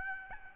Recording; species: mosquito wingbeat signal from an infrared sensor; Aedes albopictus